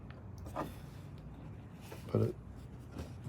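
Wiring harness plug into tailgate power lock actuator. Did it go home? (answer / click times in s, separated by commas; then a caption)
no / none. A wiring harness plug is lined up with a new tailgate power lock actuator on a 2016 Ford F150 whose tailgate lock was not working, before being pushed in. Only faint handling noises are heard while someone talks. Nothing has seated or clicked yet.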